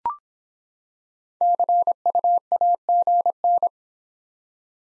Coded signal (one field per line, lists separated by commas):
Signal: Morse code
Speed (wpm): 25 wpm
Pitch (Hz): 700 Hz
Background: none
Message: CUAGN